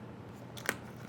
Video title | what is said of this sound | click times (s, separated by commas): etrailer - Curt T-Connector Vehicle Wiring Harness Installation - 2019 Ford Transit T350 | place you can kind of reach through the back side and make sure that it Clips in just like that | 0.7 s